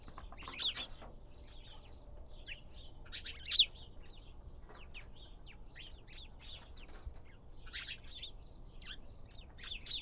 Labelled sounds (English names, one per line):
House Sparrow call